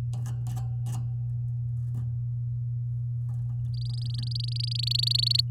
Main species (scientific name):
Serinus canaria